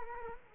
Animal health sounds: mosquito wingbeat signal from an infrared sensor; Culex quinquefasciatus

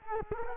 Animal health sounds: mosquito wingbeat signal from an infrared sensor; Culex quinquefasciatus

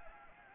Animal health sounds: mosquito wingbeat signal from an infrared sensor; Anopheles gambiae

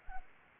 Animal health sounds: mosquito wingbeat signal from an infrared sensor; Anopheles arabiensis

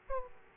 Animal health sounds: mosquito wingbeat signal from an infrared sensor; Aedes aegypti

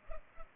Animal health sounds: mosquito wingbeat signal from an infrared sensor; Culex pipiens

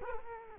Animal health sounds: mosquito wingbeat signal from an infrared sensor; Culex quinquefasciatus

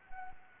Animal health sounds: mosquito wingbeat signal from an infrared sensor; Anopheles arabiensis

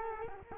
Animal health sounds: mosquito wingbeat signal from an infrared sensor; Culex quinquefasciatus

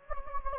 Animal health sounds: mosquito wingbeat signal from an infrared sensor; Anopheles gambiae

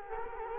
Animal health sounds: mosquito wingbeat signal from an infrared sensor; Culex quinquefasciatus

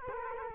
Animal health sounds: mosquito wingbeat signal from an infrared sensor; Culex quinquefasciatus

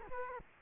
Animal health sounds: mosquito wingbeat signal from an infrared sensor; Culex quinquefasciatus

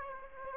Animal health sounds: mosquito wingbeat signal from an infrared sensor; Aedes aegypti

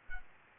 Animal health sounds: mosquito wingbeat signal from an infrared sensor; Aedes albopictus

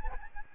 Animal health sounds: mosquito wingbeat signal from an infrared sensor; Aedes albopictus

